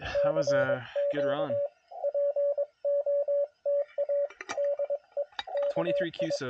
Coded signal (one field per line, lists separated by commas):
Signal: Morse code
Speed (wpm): 23 wpm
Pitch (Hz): 570 Hz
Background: speech, radio noise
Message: CQ POTA DE KI